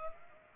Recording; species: mosquito wingbeat signal from an infrared sensor; Culex pipiens